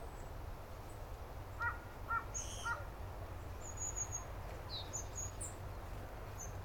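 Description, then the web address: Bird giving three short harsh notes about half a second apart, with thin high chirps from other birds over a steady low rumble. "yacho koe"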